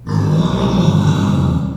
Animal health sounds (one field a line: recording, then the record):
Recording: squeal of a Yucatan mini pig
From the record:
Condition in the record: after surgery on the right vocal fold (resection and tissue-engineered implant)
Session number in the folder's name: 16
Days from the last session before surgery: 183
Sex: female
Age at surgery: 19 weeks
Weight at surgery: 25 kg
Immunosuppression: prednisolone